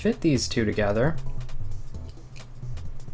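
A ratchet is fitted against the bow-tie-shaped indent in a plastic spinning-top blade, lined up before being rotated to lock. Someone talks over background music, followed by a few faint handling ticks. Nothing has seated or clicked yet.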